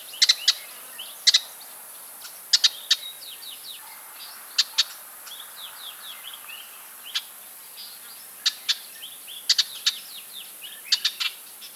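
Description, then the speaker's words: Red-backed Shrike alarm calls: sharp, scratchy chacks, single or in short bursts of two or three, at irregular intervals, with faint twittering between them. Alarm call; recorded in South Africa. "Next, we have the alarm call of a red-backed shrike, Lanius colurio, recorded in South Africa."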